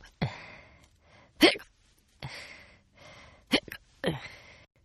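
An adult woman hiccups repeatedly in an acted sound effect: about five sharp, abrupt hiccups at irregular intervals over a few seconds, some trailing into a brief breathy exhale.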